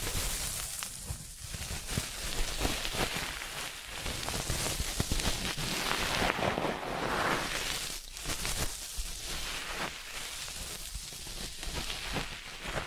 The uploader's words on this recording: ASMR 10 Sleep Inducing Ear Cleaning Triggers with 3D Brain Penetration (No Talking).